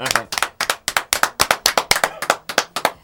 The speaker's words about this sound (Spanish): Los aplausos acá nacen en un lugar, pasan por nuestro corazón y llegan a nuestras manos. Por eso, este aplauso no es grabado, este aplauso es con todo el sentir de nuestro corazón.